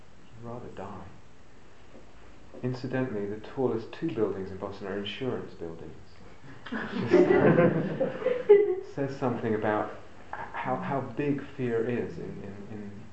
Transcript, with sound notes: I'd rather die." Incidentally, the tallest two buildings in Boston are insurance buildings. [laughter] Says something about how big fear is in